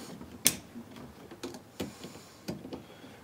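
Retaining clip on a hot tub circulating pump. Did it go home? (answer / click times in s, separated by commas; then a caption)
released / 0.5 s. A retaining clip on a hot tub circulating pump is worked while the pump is being removed, and it releases with one sharp snap at 0.5 s. Softer clicks and knocks follow around 1.4, 1.8, 2.5 and 2.7 s over low background noise, and the clip is left released.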